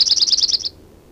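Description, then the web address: Chipping Sparrow giving a short, dry, high trill of rapid chips lasting under a second, then quiet. "Chipping Sparrow Sounds --LNSCourse Cassette"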